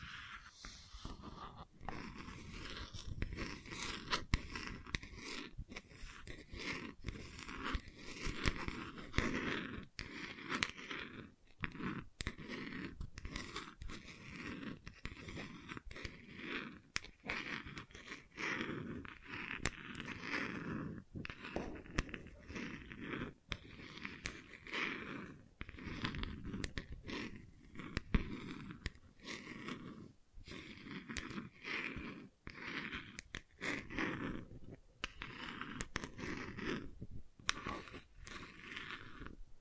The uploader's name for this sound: ASMR Gentle Scratching